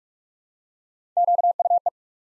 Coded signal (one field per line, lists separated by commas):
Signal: Morse code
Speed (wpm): 44 wpm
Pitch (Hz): 700 Hz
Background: none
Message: QUE